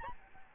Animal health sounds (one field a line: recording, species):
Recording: mosquito wingbeat signal from an infrared sensor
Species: Aedes albopictus